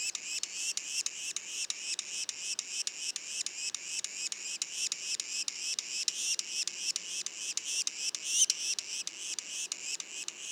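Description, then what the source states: Yellow-bellied sapsucker young produce a continuous string of high, buzzy squeaks at three to four per second, fairly even in pitch and loudness throughout. Juveniles, recorded in Mont-Orford National Park, Quebec; mono recording.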